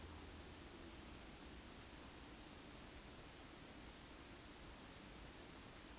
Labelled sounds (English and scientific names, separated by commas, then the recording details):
Eurasian Woodcock (Scolopax rusticola) whistle
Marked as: whistle, whistle, whistle
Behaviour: display flight
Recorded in Baden-Württemberg, Germany, on 13 June 2021 at 20:01 UTC
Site 23718, 552 m above sea level